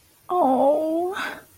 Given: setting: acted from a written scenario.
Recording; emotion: vocal sound without words; fear